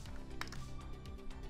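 A plastic nacelle piece is pressed onto the pylon on one side of a model starship and snaps into place with a sharp click at 0.4 s. Music plays throughout, with a few softer taps around it. The piece seats perfectly.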